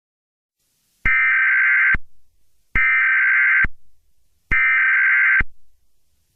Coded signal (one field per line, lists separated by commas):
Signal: Emergency Alert System (SAME) tones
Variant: header bursts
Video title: King Sombra's Rampage (EAS Scenario)